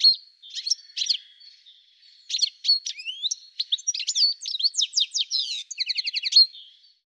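Bird song: rapid, varied high chirps and trills, a smooth whistled sweep, then a fast run of evenly repeated short notes.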